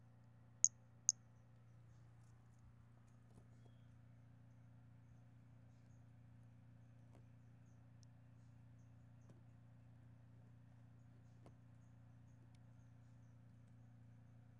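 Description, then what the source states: Brachycephalus albolineatus: two sharp, high-pitched chirps right at the start, then near silence with scattered faint ticks over a low hum. Recorded 5 February 2016.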